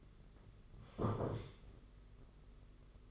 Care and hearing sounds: daily activity, microphone in the room; sit down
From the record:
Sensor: 4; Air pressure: 992.4 hPa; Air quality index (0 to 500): 119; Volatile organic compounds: 28 ppm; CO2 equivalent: 2908 ppm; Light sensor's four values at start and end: 20/72/26/28 and 20/72/26/28

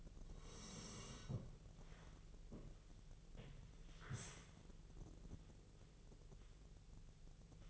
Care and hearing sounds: daily activity, microphone in the room; sit down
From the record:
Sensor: 4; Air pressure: 1001.2 hPa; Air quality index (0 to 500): 183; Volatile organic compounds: 2 ppm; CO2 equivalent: 1314 ppm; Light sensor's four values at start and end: 14/33/13/14 and 14/33/13/14

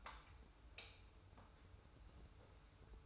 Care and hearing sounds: daily activity, microphone in the room; light on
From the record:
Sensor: 2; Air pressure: 990.9 hPa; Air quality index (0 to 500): 120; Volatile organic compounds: 83 ppm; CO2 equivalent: 3629 ppm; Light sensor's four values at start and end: 25/60/24/24 and 30/77/31/31

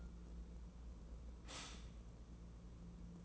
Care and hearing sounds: daily activity, microphone in the room; stop toaster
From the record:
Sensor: 1

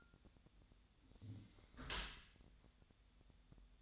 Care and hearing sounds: daily activity, microphone in the room; close dishwasher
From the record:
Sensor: 3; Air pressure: 1006.6 hPa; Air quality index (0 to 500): 208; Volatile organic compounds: 19 ppm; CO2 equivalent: 2656 ppm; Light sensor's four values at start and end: 11/25/10/10 and 11/25/10/10

